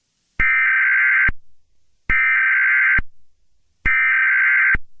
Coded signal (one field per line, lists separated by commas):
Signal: Emergency Alert System (SAME) tones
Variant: header bursts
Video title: Plotagon EAS scenario: The great Plotagon city shake-off (Read Desc)